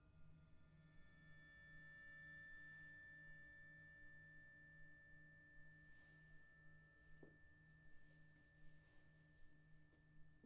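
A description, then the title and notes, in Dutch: Singing bowls and a gong ring out in a long, steady drone of pure sustained tones, with a high shimmering layer fading after about two seconds. A low pulsing hum beats evenly underneath, and a soft tap sounds around seven seconds. Het is vooral een ontspannende meditatie met klankschalen en gong.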